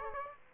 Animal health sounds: mosquito wingbeat signal from an infrared sensor; Aedes aegypti

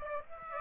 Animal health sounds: mosquito wingbeat signal from an infrared sensor; Aedes aegypti

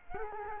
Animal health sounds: mosquito wingbeat signal from an infrared sensor; Culex quinquefasciatus

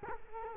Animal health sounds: mosquito wingbeat signal from an infrared sensor; Culex quinquefasciatus

